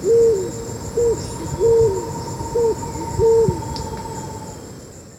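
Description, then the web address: Scaled pigeon cooing: five low, hollow, level notes in a steady series, each with a soft downward tail, over faint background hiss. Recorded in Ecuador. "Birds of Ecuador. Scaled Pigeon"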